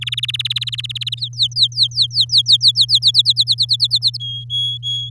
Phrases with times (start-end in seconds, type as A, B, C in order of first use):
0.01-1.20 A, 1.20-2.99 B, 3.02-4.17 C, 4.20-5.09 D